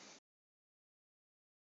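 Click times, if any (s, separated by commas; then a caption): none. A Whirlpool dryer's metal top panel is lowered into position onto the cabinet clips. A brief, loud broadband burst of noise lasts about 0.2 seconds, then the rest of the clip is silent. Nothing has clicked or snapped into place yet.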